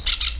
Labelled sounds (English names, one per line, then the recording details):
Brown-throated Parakeet contact call
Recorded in Venezuela
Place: Hato Matapalo, Bolívar
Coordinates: 7.356, -61.542